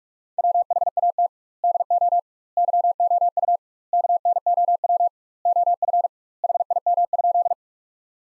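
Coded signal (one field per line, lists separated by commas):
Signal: Morse code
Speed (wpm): 41 wpm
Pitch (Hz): 700 Hz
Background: none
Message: WHAT DO YOU KNOW OF HIM?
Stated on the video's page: Morse practice sentences built from the top 100 words at 45 wpm with twice the standard word spacing, a word-based Farnsworth-like method.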